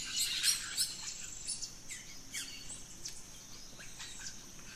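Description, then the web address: Birds calling in a chorus, a burst of sharp chirps at the start followed by scattered down-slurred whistles, with a constant high insect tone behind. Dawn chorus of rainforest birds, Gran Sabana, Venezuela. "naturescapes Birds in the Rainforest Dawn Venezuela Gran Sabana"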